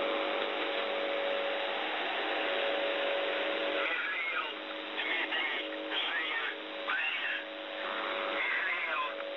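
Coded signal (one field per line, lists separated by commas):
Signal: numbers station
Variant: UVB-76, Russian voice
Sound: hissing radio static with a faint steady hum, then a voice reading words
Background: radio static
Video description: MDZhB 80191 MEDSESTRA 2155 3788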